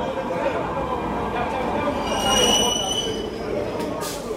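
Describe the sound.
A subway train rumbles steadily through the underground metro station at Plaza de Catalunya at midnight, its wheels giving off thin, high metallic squeals that rise and fade, with a faint murmur of voices beneath.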